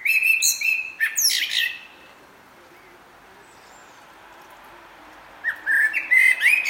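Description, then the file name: Common blackbird giving short squeaky, twittering phrases with a high sliding whistle, then a pause of about three and a half seconds before another rising, chattering burst. "Turdus merula"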